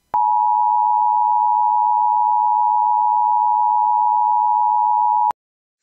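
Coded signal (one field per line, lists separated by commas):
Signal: Emergency Alert System (SAME) tones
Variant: 853 and 960 Hz attention tone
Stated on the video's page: Fictional EAS scenario about a Mount St. Helens volcanic eruption, a simulation.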